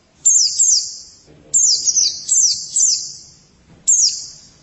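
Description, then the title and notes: White-eye giving several high, thin twittered phrases, each sliding quickly downward, with short pauses between some of them. "Suara kicauan burung pleci"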